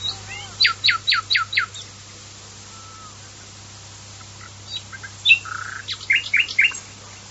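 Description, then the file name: Common nightingale song: five loud repeated notes, a silence, then varied whistles and chirps. "usignolo"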